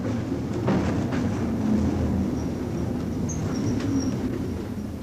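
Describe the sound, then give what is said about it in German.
A tram driving fast through empty streets rolls along its rails with a steady, loud low rumble and rattling clatter, while brief thin high-pitched squeals from the wheels or brakes surface near the end as it stops. “Und Franz fährt mit Karacho. Die Straßen sind ja leer.”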